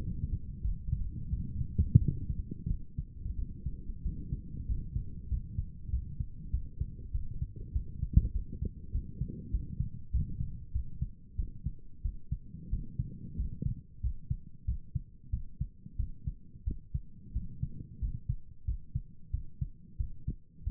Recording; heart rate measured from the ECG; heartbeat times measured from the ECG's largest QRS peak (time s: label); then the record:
heart sounds by stethoscope; 93 bpm
0.62 s: heartbeat
1.30 s: heartbeat
1.98 s: heartbeat
2.67 s: heartbeat
3.35 s: heartbeat
4.02 s: heartbeat
4.66 s: heartbeat
5.28 s: heartbeat
5.90 s: heartbeat
6.50 s: heartbeat
7.11 s: heartbeat
7.72 s: heartbeat
8.32 s: heartbeat
8.91 s: heartbeat
9.50 s: heartbeat
10.11 s: heartbeat
10.72 s: heartbeat
11.36 s: heartbeat
12.02 s: heartbeat
12.69 s: heartbeat
13.36 s: heartbeat
14.00 s: heartbeat
14.65 s: heartbeat
15.30 s: heartbeat
15.96 s: heartbeat
16.64 s: heartbeat
17.32 s: heartbeat
17.99 s: heartbeat
18.64 s: heartbeat
19.30 s: heartbeat
19.97 s: heartbeat
20.63 s: heartbeat
From the record:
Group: healthy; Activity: rest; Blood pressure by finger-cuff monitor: 102/71 mmHg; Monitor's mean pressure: 81 mmHg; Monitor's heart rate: 91 bpm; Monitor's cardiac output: 7.4 L/min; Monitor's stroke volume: 81 mL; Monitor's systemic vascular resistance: 780 dyn s/cm5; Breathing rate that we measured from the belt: 13 breaths a minute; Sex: male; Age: 19 years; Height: 178 cm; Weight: 83 kg